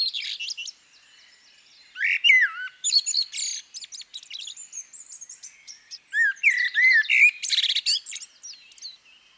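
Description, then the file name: Common blackbird song: low mellow fluted warbles, each phrase ending in squeaky high twitters, phrases separated by short pauses. "CHernyj drozd - Turdus merula - British Library"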